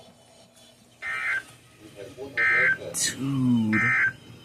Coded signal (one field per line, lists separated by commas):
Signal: Emergency Alert System (SAME) tones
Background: speech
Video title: KIG-86 RWT (EAS 117)